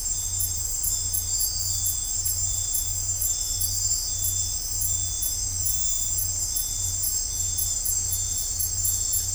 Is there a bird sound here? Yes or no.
no